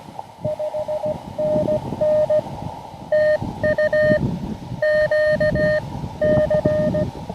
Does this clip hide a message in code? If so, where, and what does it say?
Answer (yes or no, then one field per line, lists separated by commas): yes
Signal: Morse code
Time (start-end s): 0.4-7.0 s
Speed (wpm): 16 wpm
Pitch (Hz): 610 Hz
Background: none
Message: 5NN TU QC